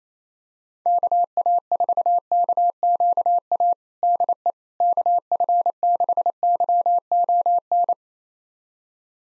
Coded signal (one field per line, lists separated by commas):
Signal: Morse code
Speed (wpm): 27 wpm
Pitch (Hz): 700 Hz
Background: none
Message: KA4KQA DE KF6YON